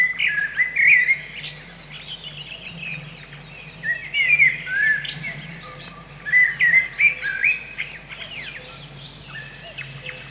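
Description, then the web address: Common blackbird song: several rich, varied whistled phrases, each trailing off into high, squeaky twittered notes, over a constant low hum. Spring. "vremena vesna drozd chjorni"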